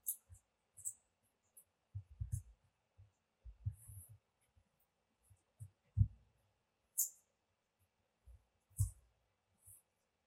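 Nano tape, a double-sided adhesive, being worked into a bubble, giving soft low thumps and squelchy pops scattered irregularly across the clip. Some pops come with a brief sharp crackle on top, clearest near six, seven and nine seconds. Quiet gaps separate the bursts.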